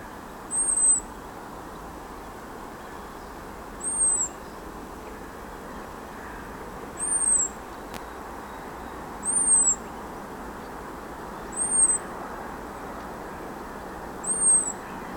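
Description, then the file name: European robin repeating a short, very high, thin seee whistle six times over continuous low rumbling noise. "Erithacus rubecula"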